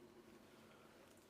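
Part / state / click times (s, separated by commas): condensate trap or similar plastic part into a gas boiler / not seated / none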